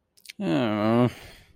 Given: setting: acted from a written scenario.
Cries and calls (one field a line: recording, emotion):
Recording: vocal sound without words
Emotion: shame